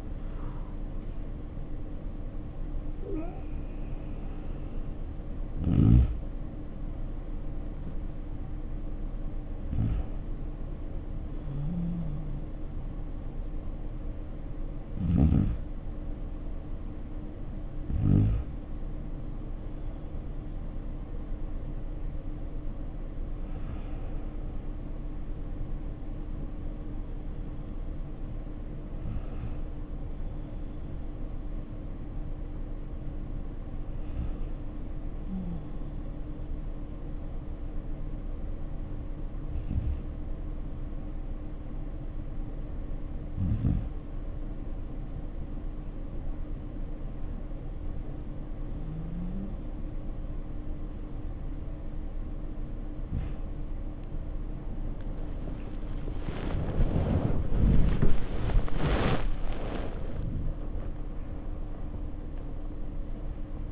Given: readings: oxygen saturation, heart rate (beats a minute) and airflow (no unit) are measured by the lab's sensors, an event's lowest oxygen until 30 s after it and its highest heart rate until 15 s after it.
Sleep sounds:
breathing in sleep by a smartphone at the bedside; 1
30.00-50.50 s: hypopnea (N2, oxygen 95% highest, then 93% lowest, heart rate 57 at the start, 86 highest)
52.00-63.71 s: new sleep stage, awake
From the record:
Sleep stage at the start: N2 (light sleep); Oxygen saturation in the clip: 90 to 95%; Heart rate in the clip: 57 to 85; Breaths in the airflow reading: 13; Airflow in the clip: -8.9 to 8.3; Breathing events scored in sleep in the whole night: 520 in 7.2 hours asleep

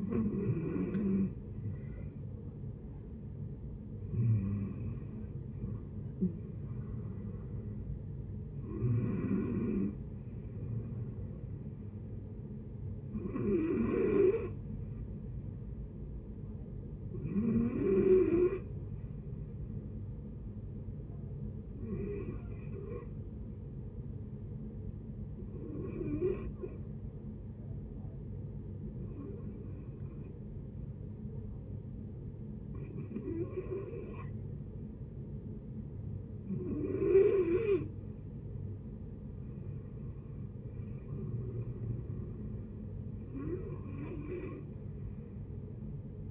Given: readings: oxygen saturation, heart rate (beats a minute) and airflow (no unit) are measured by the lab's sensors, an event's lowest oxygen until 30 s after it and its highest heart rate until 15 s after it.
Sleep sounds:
breathing in sleep by a smartphone at the bedside; 1
21.00-36.40 s: hypopnea (N1, oxygen 94% highest, then 88% lowest, heart rate 76 at the start, 76 highest)
From the record:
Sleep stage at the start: N1 (lightest sleep); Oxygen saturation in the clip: 75 to 94%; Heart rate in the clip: 73 to 81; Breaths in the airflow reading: 12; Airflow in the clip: -11.7 to 10.8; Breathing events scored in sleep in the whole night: 496 in 5.4 hours asleep

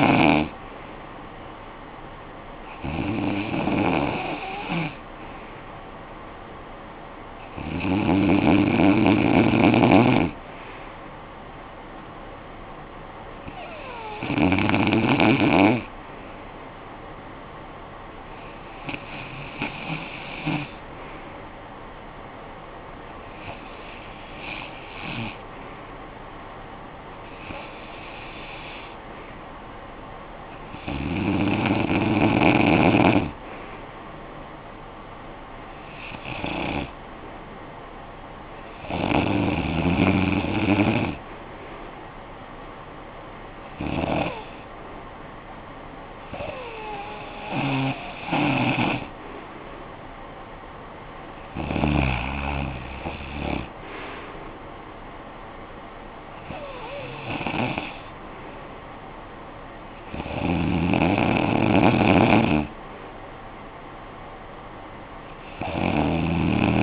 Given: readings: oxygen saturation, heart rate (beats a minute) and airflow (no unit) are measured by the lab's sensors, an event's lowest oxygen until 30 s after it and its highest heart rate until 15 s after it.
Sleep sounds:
breathing in sleep by a voice recorder at the bedside; none
none scored
From the record:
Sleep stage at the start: REM sleep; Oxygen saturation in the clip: 92 to 93%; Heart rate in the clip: 56 to 67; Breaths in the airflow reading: 15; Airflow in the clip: -13.7 to 10.8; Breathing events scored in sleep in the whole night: 445 in 7.6 hours asleep

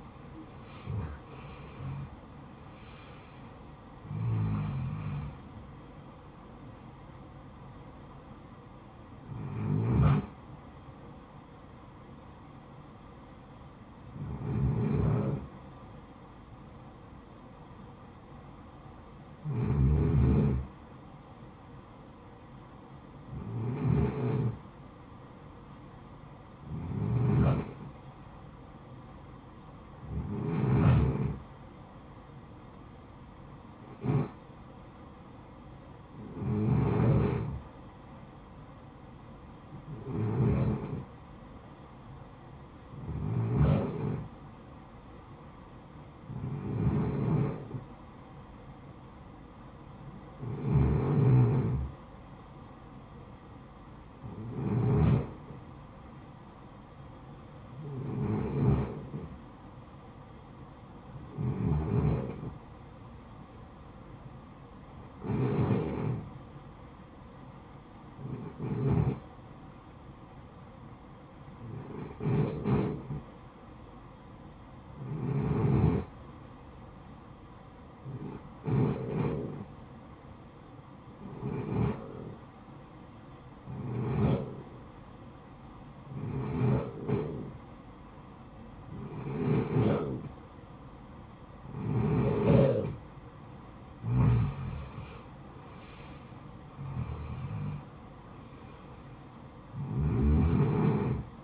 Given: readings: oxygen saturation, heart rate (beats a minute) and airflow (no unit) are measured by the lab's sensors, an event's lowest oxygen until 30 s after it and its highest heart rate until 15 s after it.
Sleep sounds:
breathing in sleep by a smartphone at the bedside; 1
27.00-92.70 s: hypopnea (REM, oxygen 95% highest, then 88% lowest, heart rate 60 at the start, 77 highest)
From the record:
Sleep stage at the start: REM sleep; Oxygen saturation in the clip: 77 to 95%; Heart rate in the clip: 57 to 86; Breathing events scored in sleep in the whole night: 573 in 9.8 hours asleep

